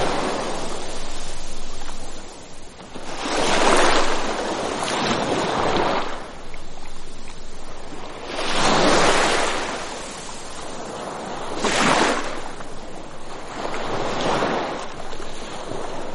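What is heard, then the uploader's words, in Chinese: Waves wash onto a gently sloping sandy beach, each surge rising into a bright, hissing rush and then easing back. Swells break around 3–6, 8–10, 12 and 14 seconds, roughly every three to four seconds, over a steady low wash and light wind rumble. 海浪扑打在平缓的沙滩上－较平缓。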